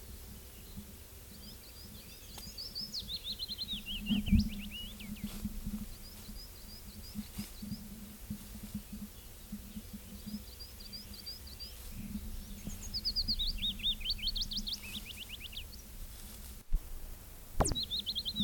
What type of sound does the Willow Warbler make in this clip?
song